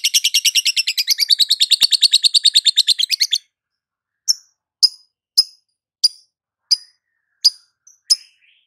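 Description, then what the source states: Lovebird song: a long, fast rattling trill lasting over three seconds, then several sharp high chirps repeated at a steady pace. Lovebird, ngekek panjang (long trill) song style, with ngetik (ticking chirps).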